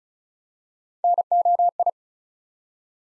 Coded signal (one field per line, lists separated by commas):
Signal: Morse code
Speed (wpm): 36 wpm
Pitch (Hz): 700 Hz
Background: none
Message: NOI